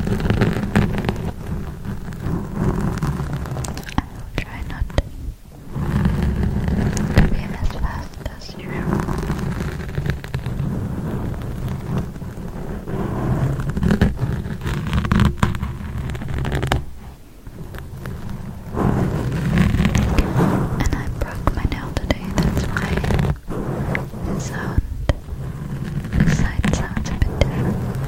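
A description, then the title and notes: Intense scratching on a microphone fills the clip with dense, rough scraping and rubbing, heavy in the low end with crackly brighter grit on top. The texture shifts in waves, with brief near-silent breaks around 5, 17 and 23 seconds. Intense Mic Scratching DEEP in Your Ears. Long nails, sponge, forks, ear to ear.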